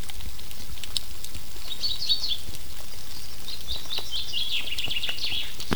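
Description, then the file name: Common chaffinch giving bright, high chirping notes in two short bursts, the second a longer rapid series, over steady low rumble and scattered ticking patter. "Fringilla coelebs"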